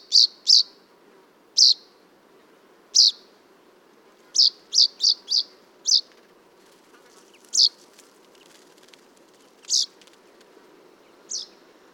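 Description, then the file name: Common chaffinch uttering about twelve sharp, high call notes, some in quick pairs and clusters, others spaced out, the last one softer, over faint background noise. "Fringilla coelebs"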